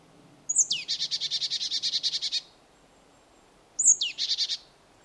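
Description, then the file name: Marsh tit calling twice: each call opens with a thin, high sliding note, then a rapid string of harsh buzzing notes, the second string shorter. "Poecile palustris"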